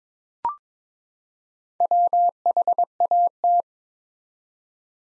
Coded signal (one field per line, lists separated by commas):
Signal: Morse code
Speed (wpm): 22 wpm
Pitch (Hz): 700 Hz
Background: none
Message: WHAT